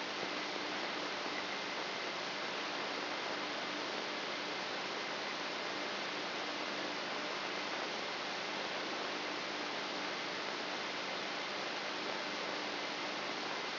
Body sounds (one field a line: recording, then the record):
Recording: brain microelectrode recording played as sound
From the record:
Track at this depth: outside the subthalamic nucleus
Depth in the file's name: 1.539 mm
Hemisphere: left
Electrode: 3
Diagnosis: Parkinson's disease